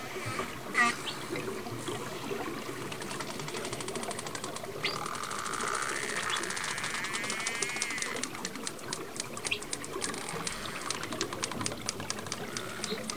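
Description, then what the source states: Dolphin click trains ticking throughout, with a brief wavy harmonic whistle near the middle, over a hissing background. Recorded underwater; dolphins communicating.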